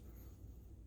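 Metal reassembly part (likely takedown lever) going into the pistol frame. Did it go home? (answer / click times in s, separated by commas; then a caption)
no / none. A metal part, likely the takedown lever, is worked back and forth by hand to seat it into the frame of a Sig Sauer P320C compact pistol during reassembly. Only a faint, steady low rumble is heard, with no distinct clicks. Nothing has seated or clicked yet.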